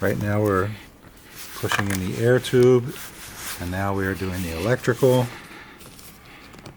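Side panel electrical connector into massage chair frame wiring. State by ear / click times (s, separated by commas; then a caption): not seated / none. During assembly of an X-Chair X77 massage chair, the air tube has been pushed in and the side panel's electrical connector is being handled toward the chair's main frame wiring while someone talks. Faint handling noises sit under the speech, with a short soft tick near the very end. The connector has not yet seated or clicked into place.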